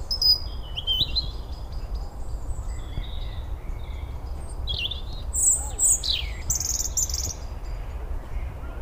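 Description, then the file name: European robin song: scattered high sweet notes, short trills and sliding whistles in varied bursts with pauses, against constant low-frequency rumble. "Erithacus rubecula"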